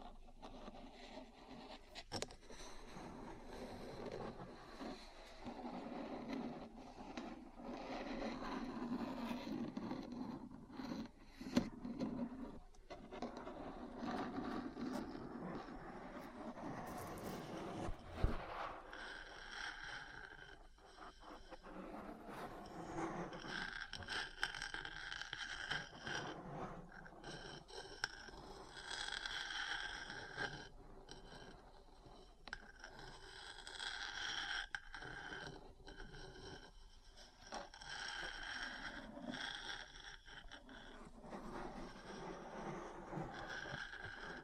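Metal parts scrape and tap in an uneven, continuous scratching texture for the whole 44 seconds. The first half sits lower and duller; after about 20 seconds the rasping turns brighter and grittier. Sharp clicks stand out near 11 and 18 seconds.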